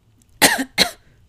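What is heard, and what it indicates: Two quick, harsh adult coughs in a row, a brief dry cough from a tickle in the throat, with no wheeze. The cough comes with illness; the tickle began before a night of karaoke singing.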